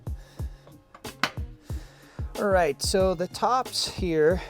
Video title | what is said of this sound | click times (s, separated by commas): Rigwell Installs - Bungeebox & Drawerbox | lock it down with the latch and we'll do the lids next | 1.2 s